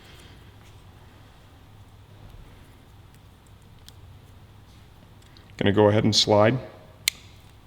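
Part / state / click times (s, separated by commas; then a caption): quick shifter harness connector into motorcycle wiring connector / seated / 7.1 s. A plastic wiring-harness connector from a Bazzaz QS4 quick shifter kit is slid into its mating connector on a 2018 Kawasaki Z125 Pro motorcycle. Someone talks, then a loud, sharp click at 7.1 s marks the connector seating with good positive engagement.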